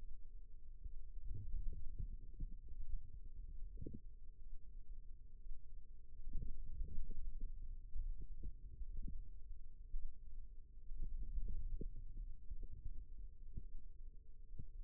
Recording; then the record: forearm muscle sounds (acoustic myography)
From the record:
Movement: wrist flexion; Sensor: system 2, bracelet of six BSWA MPA416 microphones around the upper forearm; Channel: 4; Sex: female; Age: 22 years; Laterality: right